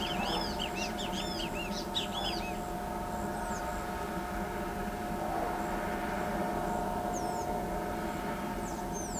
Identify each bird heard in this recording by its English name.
Great Kiskadee, Blue-gray Tanager